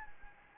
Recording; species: mosquito wingbeat signal from an infrared sensor; Anopheles gambiae